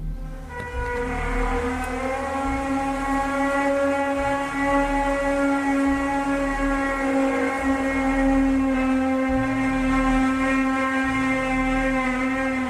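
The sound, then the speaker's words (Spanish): A recording of the mysterious phenomenon called The Hum: a steady, loud low hum with stacked harmonic tones drones on unbroken for the whole stretch, faintly pulsing in rhythm; no voices are present. “Eso no es una sirena, tiene una cadencia que parece más a un ser vivo, y me refiero a ser vivo, no sé, la Tierra, yo qué sé, pero desde luego no es algo mecánico, programado.”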